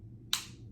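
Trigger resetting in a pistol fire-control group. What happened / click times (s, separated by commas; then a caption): The trigger reset with a sharp click / 0.3 s. During a pistol function check, the slide is racked and released while the trigger is held, then the trigger is let forward to reset in the fire-control group. Two clicks are expected, but only one is audible: the first reset is felt, not heard, and the second is a single sharp, bright click at 0.3 s over a steady low hum. The trigger reset click is confirmed and the trigger is seated.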